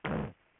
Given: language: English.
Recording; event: throat vibration sensor signal played as sound; throat clearing